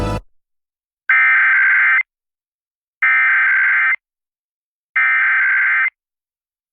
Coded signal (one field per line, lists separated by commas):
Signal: Emergency Alert System (SAME) tones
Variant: header bursts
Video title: EAS Required Monthly/Weekly Test Minnesota NOAA Weather Radio/FM +SeaTTY/WeatherSTAR4000